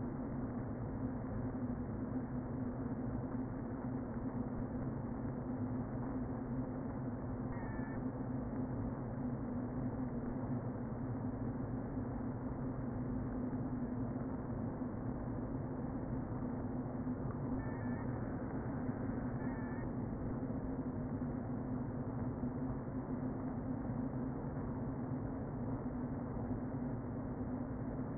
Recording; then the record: honeybee colony, microphone inside the hive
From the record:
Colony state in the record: queen present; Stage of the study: before two queens were removed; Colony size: about 60,000 bees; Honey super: yes